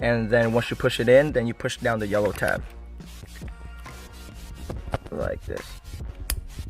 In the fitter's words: should hear a click once all that's done then you just basically